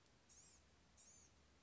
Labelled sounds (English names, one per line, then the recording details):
Blue-gray Gnatcatcher
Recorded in Sonoma County, California